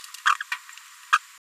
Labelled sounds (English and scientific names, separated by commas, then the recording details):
Green-rumped Parrotlet (Forpus passerinus) babbling
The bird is a female
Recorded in a nest box in Venezuela
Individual 17B73B2